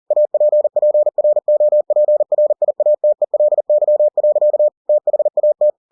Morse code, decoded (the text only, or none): APPROPRIATELY. THAT